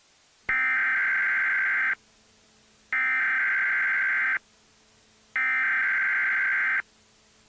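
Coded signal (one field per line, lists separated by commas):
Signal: Emergency Alert System (SAME) tones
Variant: header bursts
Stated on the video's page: Fictional EAS scenario, not real.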